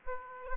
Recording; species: mosquito wingbeat signal from an infrared sensor; Aedes aegypti